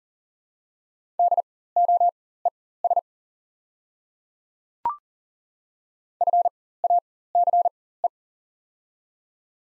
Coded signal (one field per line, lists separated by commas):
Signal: Morse code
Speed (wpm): 40 wpm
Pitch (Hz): 700 Hz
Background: none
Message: DOES FACE